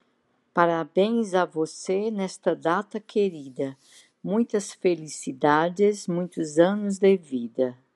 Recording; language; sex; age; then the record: short text; Brazilian Portuguese; female; 70 to 79 years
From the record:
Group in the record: control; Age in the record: 72 years